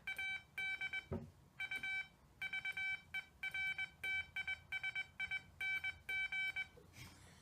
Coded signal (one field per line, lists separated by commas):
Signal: Morse code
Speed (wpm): 20 wpm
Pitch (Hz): 2300 Hz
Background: none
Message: ADUVERTISING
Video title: AB6HB Mini Lecture Excerpts on Keys